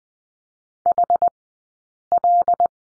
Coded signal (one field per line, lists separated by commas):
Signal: Morse code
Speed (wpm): 20 wpm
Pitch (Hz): 700 Hz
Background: none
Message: HL